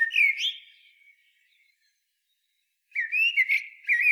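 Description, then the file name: Eurasian blackbird song: a fluted warble, a pause of about two seconds, then a second mellow whistled phrase. "Turdus merula"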